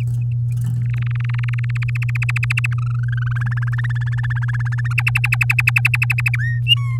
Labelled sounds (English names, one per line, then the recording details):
Domestic Canary song
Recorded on 9 May 2018 at 05:36
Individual llb16